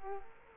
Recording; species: mosquito wingbeat signal from an infrared sensor; Culex quinquefasciatus